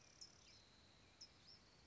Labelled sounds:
California Towhee (Melozone crissalis)

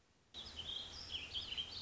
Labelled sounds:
Warbling Vireo (Vireo gilvus)

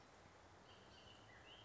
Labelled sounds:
Bullock's Oriole (Icterus bullockii)

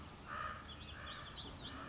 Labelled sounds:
Common Raven (Corvus corax)

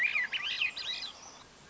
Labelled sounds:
Swainson's Thrush (Catharus ustulatus)

